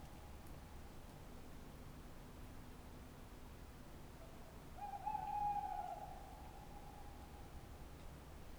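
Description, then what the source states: Tawny owl calling, a faint drawn-out note at first, then a louder low hoot halfway through that trails off slowly. Tawny owl at night on wooded banks of the Dordogne near Limeuil, France, under a starry sky; end of Cadouin festival; recorded with Sonosax SX-R4+ and DPA 4022 microphones.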